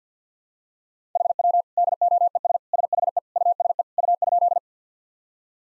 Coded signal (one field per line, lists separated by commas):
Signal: Morse code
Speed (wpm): 50 wpm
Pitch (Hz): 700 Hz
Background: none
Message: HW DOES SHE USE U?